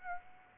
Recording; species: mosquito wingbeat signal from an infrared sensor; Aedes aegypti